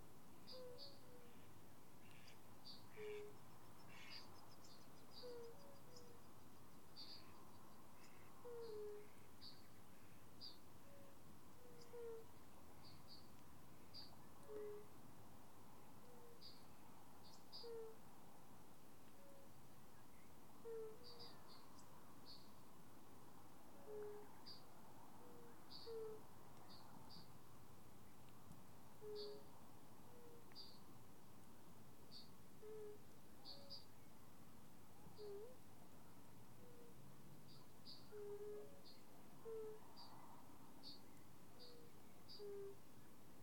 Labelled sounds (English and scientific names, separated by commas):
Fire-Bellied Toad (Bombina bombina) call